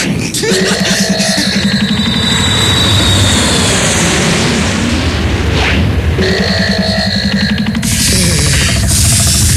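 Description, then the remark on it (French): An airplane engine roars steadily throughout as the plane warms up for a flight to Russia, a loud, dense drone with high whining tones layered on top that shift in pitch, briefly swelling and sweeping midway before settling back into the rumble. “fait chauffer l'avion en direction la Russie!”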